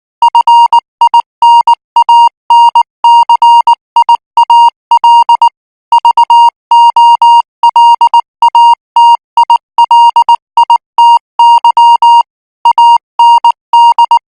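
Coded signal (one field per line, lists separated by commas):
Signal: Morse code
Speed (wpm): 19 wpm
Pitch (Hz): 940 Hz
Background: music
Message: FINANCIAL VOLATILITY AND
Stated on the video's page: Morse training signal for international radio signals at 18 words per minute.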